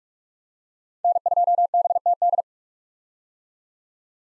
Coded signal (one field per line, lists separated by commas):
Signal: Morse code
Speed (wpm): 46 wpm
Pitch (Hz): 700 Hz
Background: none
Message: N2BTD